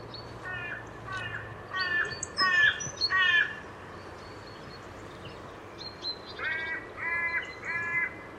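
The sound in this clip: Bird giving a run of rough, nasal calls that grow louder, then after a pause a few more similar calls, with faint high chirps between.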